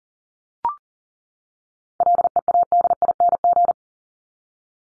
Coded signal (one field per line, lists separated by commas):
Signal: Morse code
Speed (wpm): 40 wpm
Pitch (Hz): 700 Hz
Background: none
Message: LEADING